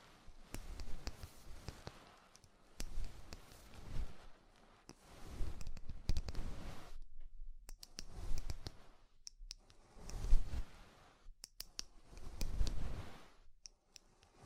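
Ear cleaning with rhinestone and clay removal: bursts of crackly rubbing and scratching, sharp clicks throughout, with brief quiet gaps around seven and eleven seconds.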